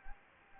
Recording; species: mosquito wingbeat signal from an infrared sensor; Anopheles gambiae